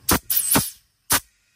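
After an earlier failed try, a pressure gauge quick coupling is pushed onto a charge air cooler test fitting again, and a sharp hit is heard at 0.1 s. A longer burst of broadband noise follows from about 0.3 to 0.8 s, then another short burst around 1.1 s. The coupling seats and connects, and the gauge then reads pressure.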